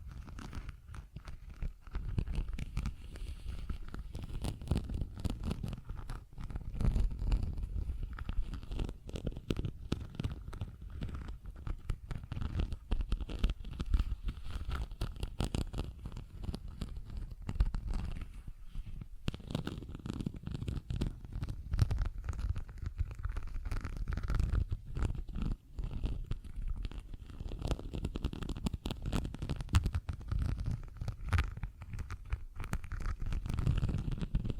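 Dense, rapid tapping and scratching run continuously for the full half-minute, with sharp clicks packed tightly together over a low rumbling body. Loudness stays fairly even, with brief dips near 18 and 26 seconds and a few zipper-like tearing strokes mixed in.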